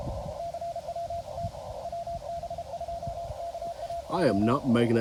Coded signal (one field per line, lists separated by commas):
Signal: Morse code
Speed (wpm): 32 wpm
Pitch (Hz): 680 Hz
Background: speech, radio noise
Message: CWT WB2KAO